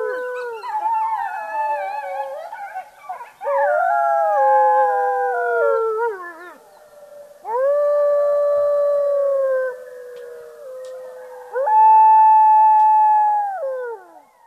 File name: gray wolf lang elliott